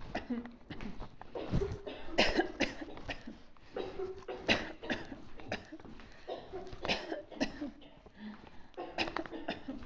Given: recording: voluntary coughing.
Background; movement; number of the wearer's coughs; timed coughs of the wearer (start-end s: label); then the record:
a bystander coughing; walking; 12
0.12-0.45 s: cough
0.62-0.90 s: cough
2.15-2.58 s: cough
2.58-2.85 s: cough
3.02-3.31 s: cough
4.46-4.78 s: cough
4.87-5.16 s: cough
5.51-5.79 s: cough
6.86-7.19 s: cough
7.38-7.71 s: cough
8.97-9.26 s: cough
9.46-9.80 s: cough
From the record:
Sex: female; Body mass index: 25.5 kg/m2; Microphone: on the chest, facing outward